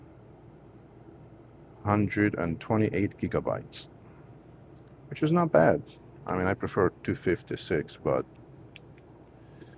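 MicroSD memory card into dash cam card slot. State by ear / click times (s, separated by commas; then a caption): seated / 8.8 s. A 128 GB REDTIGER microSD card is pushed into the card slot of a REDTIGER F17 Plus 4-channel dash cam while someone talks. After the speech ends, a short sharp click at 8.8 seconds marks the card seating in the slot.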